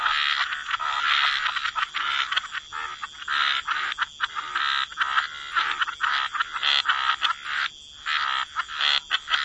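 Frogs in chorus, rasping croaks in clustered bursts, several callers overlapping with occasional short breaks.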